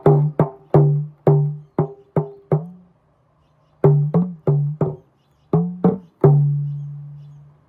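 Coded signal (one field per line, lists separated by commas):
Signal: talking drum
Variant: Yoruba dùndún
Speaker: So, I said, "Ati dulu bo omi konga iyanu ni atibere bo omi konga iyanu ni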